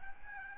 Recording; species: mosquito wingbeat signal from an infrared sensor; Aedes albopictus